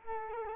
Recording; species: mosquito wingbeat signal from an infrared sensor; Culex quinquefasciatus